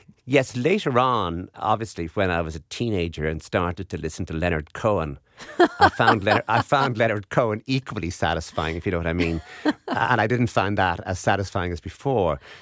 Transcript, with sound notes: yes, later on, obviously when I was a teenager and started to listen to Leonard Cohen...
(LAUGHTER)
I found Leonard Cohen equally satisfying, if you know what I mean, and I didn't find that as satisfying as before.